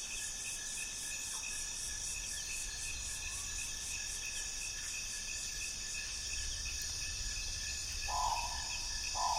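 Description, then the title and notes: Insects droning in a loud continuous high chorus with pulsing upper bands; a few brief bird calls break in near the end over a faint low rumble. Deafening insect chorus at dusk, Mohoba forest, Congo Basin Rainforest; distant thunderstorm rumbling; recorded with DPA 4061 microphones, Sound Devices MixPre D, Sony PCM M10. "Dusk falls in Mohoba forest as a distant thunderstorm rumbles. The insect chorus is deafening."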